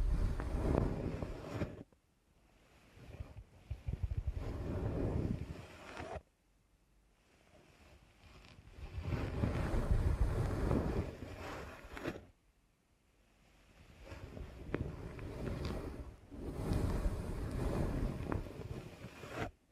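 Deep ear canal massage with dense, low rubbing and rumbling that swells and fades in long strokes of a few seconds each. Near-silent gaps break it up, around 2, 6 and 12 seconds. Faint crackles and scratches sit over the muffled pressure.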